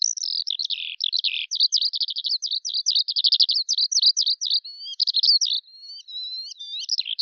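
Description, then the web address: Bird song, a rapid continuous stream of high twittering and trilled notes, with some longer whistled slurs near the end. "Deverinetal 2025 File cleaned normalized Bird Al Ar"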